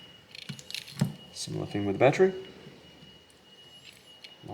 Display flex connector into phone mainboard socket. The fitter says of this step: push down it should click into position